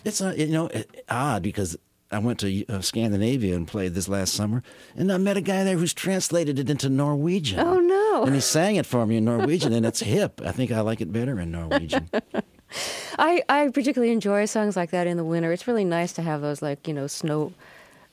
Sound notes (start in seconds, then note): 9.0 laughter; 11.5 laughter